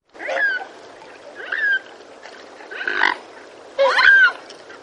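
Mute swan calls, a series of four short nasal, snorting notes with slurred tones, each about a second apart, over a steady background hiss.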